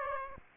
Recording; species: mosquito wingbeat signal from an infrared sensor; Aedes aegypti